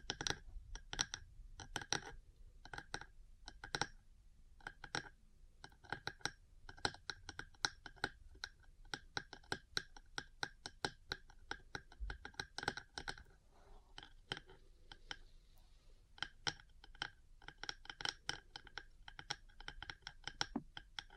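Metal parts tap and click in quick, irregular bursts, each hit short and sharp with a bright ring, coming several times a second throughout. Brief lulls break the rhythm, and faint scratching and rustling fill some gaps, especially around the middle.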